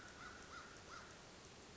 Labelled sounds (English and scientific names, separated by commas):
American Crow (Corvus brachyrhynchos)